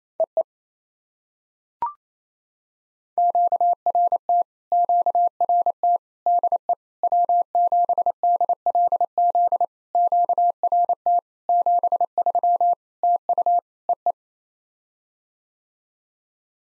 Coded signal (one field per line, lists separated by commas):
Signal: Morse code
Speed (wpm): 28 wpm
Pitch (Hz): 700 Hz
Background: none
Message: EE QRT QRT DE W7DLZ QRT 73 TU EE